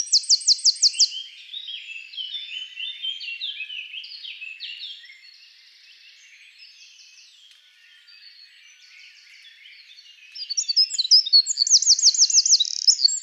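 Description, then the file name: Eurasian wren, a loud high trill at the start, then softer rambling twitters that fade, before another burst of rapid ringing trills near the end. "Troglodytes troglodytes"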